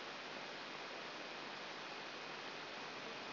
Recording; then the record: brain microelectrode recording played as sound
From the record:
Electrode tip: outside the subthalamic nucleus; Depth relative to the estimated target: 4 mm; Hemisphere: right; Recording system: AlphaMap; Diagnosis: Parkinson's disease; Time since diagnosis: 8 years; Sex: female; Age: 37 years